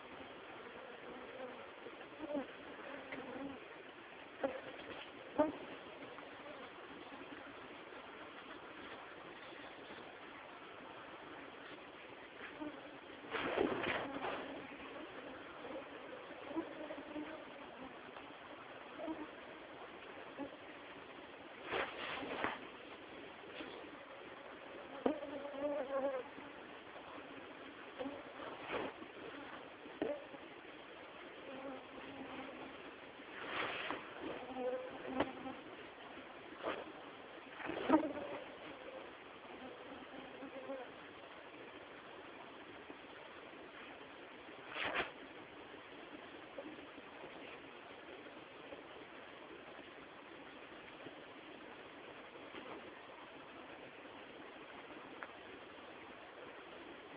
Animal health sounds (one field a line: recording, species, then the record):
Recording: mosquito flight sound by mobile phone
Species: Culex tarsalis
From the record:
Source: PrakashLab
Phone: Samsung T209